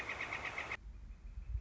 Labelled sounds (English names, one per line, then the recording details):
Northern Flicker
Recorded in Sonoma County, California